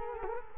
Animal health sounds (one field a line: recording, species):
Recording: mosquito wingbeat signal from an infrared sensor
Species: Culex quinquefasciatus